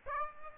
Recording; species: mosquito wingbeat signal from an infrared sensor; Aedes aegypti